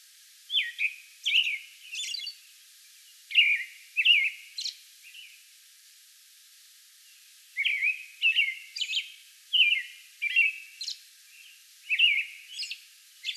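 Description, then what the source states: American robin singing clear whistled phrases in clusters, with a pause of about two seconds mid-way before the caroling resumes. Song bout recorded May 11.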